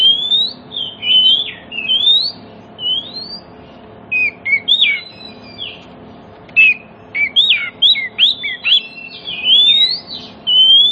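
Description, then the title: Oriental magpie-robin song: varied whistled phrases with rising and falling slurs, then a burst of quick sharp notes, and a final clear whistle, over a constant background hum. Oriental magpie-robin song that prompts other magpie-robins, including ones that have stopped singing, to answer and sing within minutes. "Cukup Hitungan Menit Kacer Lain Bisa Bunyi. CUKUP 5 Menit Kacer LAIN NYAUT JADI GACOR, PANCINGAN KACER MACET BUNYI"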